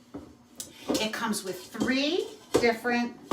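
A lightweight plastic mixing bowl with a handle is turned into its mount on a Princess House stand mixer base and locks into place with a sharp click at 0.6 s. A faint sound comes before it, and then someone talks.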